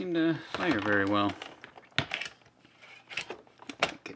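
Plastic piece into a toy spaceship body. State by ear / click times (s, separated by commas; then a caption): not seated / none. Someone talks, then presses a plastic piece into the body of a plastic Millennium Falcon toy spaceship while assembling it, producing sharp plastic knocks around 2.0, 2.1, 2.2, 3.2, 3.7 and 3.8 seconds. The piece fails to lock into place, and nothing has seated or clicked yet.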